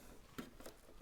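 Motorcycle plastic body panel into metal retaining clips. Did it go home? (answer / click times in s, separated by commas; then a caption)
no / none. A plastic body panel on a 2025 BMW R 1300 GS motorcycle is lined up and handled against small metal retaining clips during a Touratech upper crash bar install. Three short, sharp taps are heard at about 0.4, 0.7 and 1.0 seconds, the first and last the loudest. Nothing has seated or clicked into the clips yet.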